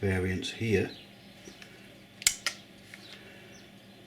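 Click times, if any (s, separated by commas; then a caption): 2.3 s. Someone talks, then the cylinder release catch is worked on an ASG Dan Wesson 4" CO2 .357 Magnum pellet revolver with a metal or alloy frame. A sharp click at 2.3 s, followed by a second one at about 2.5 s, marks the catch releasing the cylinder from the frame. The cylinder then swings open.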